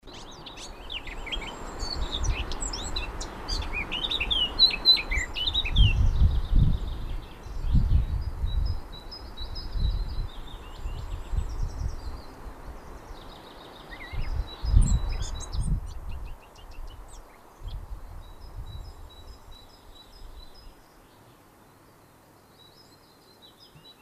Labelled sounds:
Eurasian Blackcap song
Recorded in the wild
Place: Garmisch-Partenkirchen, Bayern, DE
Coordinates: 47.5978, 11.1886
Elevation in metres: 637
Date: 1968-04-21
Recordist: Tretzel, Erwin

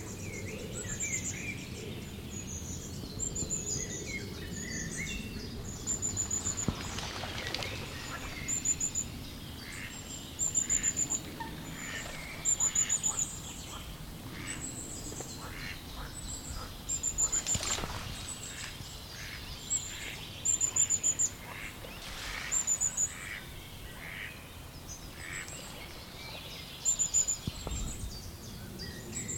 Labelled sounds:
Eurasian Blue Tit
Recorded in the wild
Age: adult
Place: Buch, Berlin, DE
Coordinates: 52.641, 13.47
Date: 1992-05-16 11:44
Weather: sonnig, ca. 20-22°C
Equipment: Nagra SN, Mikrofon AKG CK 8, Kopie Tesla B 116
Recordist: Tembrock, Günter

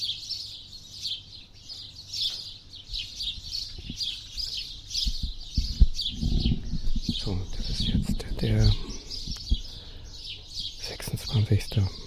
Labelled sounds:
House Sparrow call
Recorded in the wild
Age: adult
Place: Linmi Keriou, Zakynthos, Ionien Islands, GR
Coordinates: 37.6894, 20.8392
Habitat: urban area
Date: 2012-06-26
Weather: 20°C, sunny, almost windless
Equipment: Sound Devices 702, Sennheiser MKH 415 T, Rhode Windschutz
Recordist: Frommolt, Karl-Heinz

